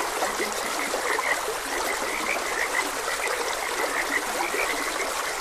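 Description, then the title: Frog croaks pour out in a steady overlapping chorus with scattered brighter chirps, set against a smooth wash of flowing water. Frogs croaking beside a gentle stream; ambient nature sounds. "Gentle Stream and Frogs Croaking - Calming Sounds of Nature"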